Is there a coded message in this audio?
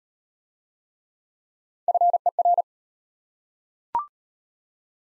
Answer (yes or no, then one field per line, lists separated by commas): yes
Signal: Morse code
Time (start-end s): 1.9-2.6 s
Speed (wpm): 33 wpm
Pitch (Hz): 700 Hz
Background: none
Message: FER